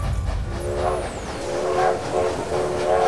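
A train rumbles steadily with deep low-end noise while horn-like tones sound repeatedly over it, a few sustained pitched blasts rising and falling across the passage; trains in the rail-crossed town of Hibbing, Minnesota.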